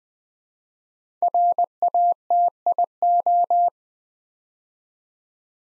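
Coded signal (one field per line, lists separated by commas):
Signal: Morse code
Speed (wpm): 20 wpm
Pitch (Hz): 700 Hz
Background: none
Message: RATIO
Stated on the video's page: 20 wpm Morse practice sending five-letter words, each sent twice, for head-copy training toward word recognition.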